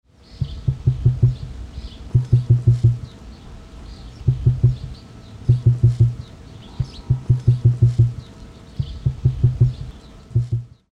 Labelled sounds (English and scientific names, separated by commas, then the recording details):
Emu (Dromaius novaehollandiae)
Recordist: Tembrock, Günter
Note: Dunkle Kurzlaute